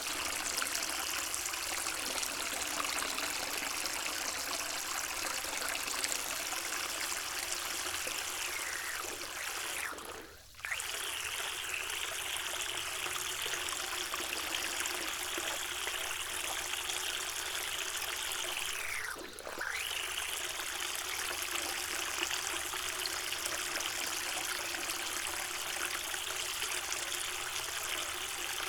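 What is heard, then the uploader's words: Water pours steadily into a pool with a dense, bright rush, briefly dipping twice near ten and nineteen seconds before resuming unchanged. Filling Up The Pool - Pleasant Water Ambience.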